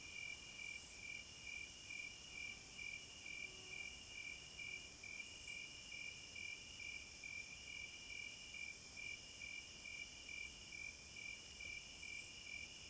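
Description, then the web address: Crickets chirping in a pulsed rhythm, about twice a second, with a high buzzing band above that breaks off at intervals. Forest at night, midnight. "Hypnotizing Forest- Wolves, Crickets, Owls and Singing Birds. Midnight Concert"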